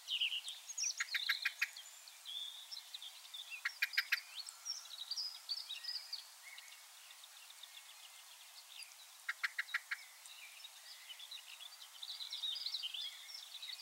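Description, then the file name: Common blackbird calls: short bursts of sharp clicking chinks in quick runs of four or five, recurring a few times, over a busy background of other twittering songbirds. "Turdus merula"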